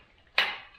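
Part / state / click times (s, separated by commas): e-bike folding latch closing on the bike frame/stem / seated / 0.4 s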